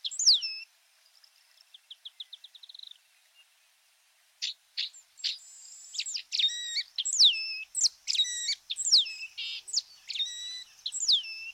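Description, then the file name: White-browed meadowlark giving a brief phrase, then a rapid series of short ticking notes, then a long run of sharp, high, buzzy whistled phrases. "Canto da loica de sobrancelha branca"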